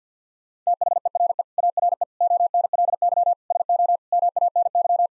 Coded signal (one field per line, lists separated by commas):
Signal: Morse code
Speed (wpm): 50 wpm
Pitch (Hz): 700 Hz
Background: none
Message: THERE ARE ONLY SO MANY